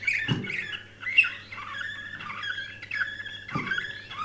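Canary song of flowing warbles and chirps, rising and falling in pitch, with two soft knocks and a low steady hum.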